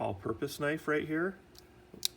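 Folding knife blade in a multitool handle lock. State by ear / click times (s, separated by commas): seated / 2.0 s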